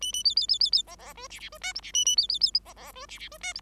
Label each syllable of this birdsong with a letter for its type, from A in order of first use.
A A B B B B B C C D E E D F G E A A B B B C C D E E D F G